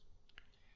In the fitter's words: at the end, it has like a little click,